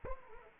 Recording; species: mosquito wingbeat signal from an infrared sensor; Anopheles arabiensis